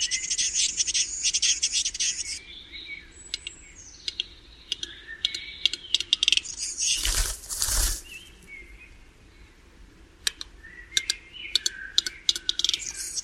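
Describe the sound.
Bird calls, quick high twittering and sharp ticks throughout, broken midway by a brief loud rushing burst, then sparse chirps resume.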